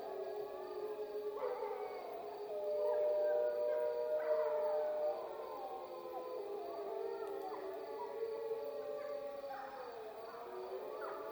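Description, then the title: Wolf chorus of overlapping howls, with wavering, sliding tones and brief higher yips woven through the long notes. Wolf recorded at Freita. "Wolf Soundscapes 10 Freita"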